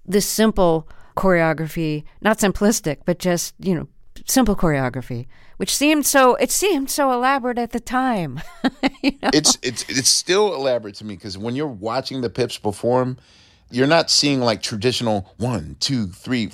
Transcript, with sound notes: simple choreography - not simplistic, but just, you know, simple choreography, which seemed so - it seemed so elaborate at the time (laughter) you know.
It's still elaborate to me because when you're watching the Pips perform, you're not seeing like traditional one, two, three, four.